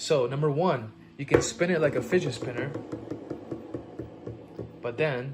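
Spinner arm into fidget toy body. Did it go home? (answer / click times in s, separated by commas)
no / none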